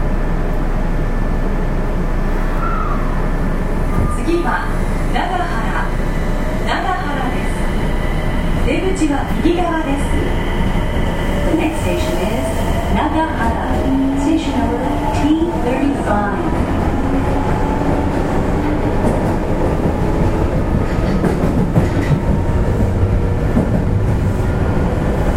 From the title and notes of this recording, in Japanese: 大阪市営地下鉄 30000系 谷町線 谷町４丁目から八尾南まで。大阪市交通局 30000系電車の走行音です。谷町線で録音しました。It is a running sound of the Osaka city subway 30000 series train.